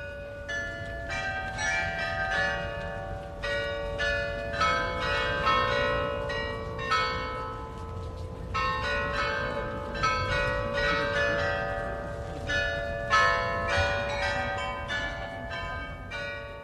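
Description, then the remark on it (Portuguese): Carillon bells of the new town hall in Freiburg, Germany, ring out in a continuous stream of bright, overlapping tones, struck in quick melodic runs with a ringing sustain and a steady low rumble underneath. No one speaks. “O agudo do carrilhão na nova prefeitura faz lembrar que quase todos os prédios históricos da cidade foram praticamente pulverizados e tiveram que ser reconstruídos.”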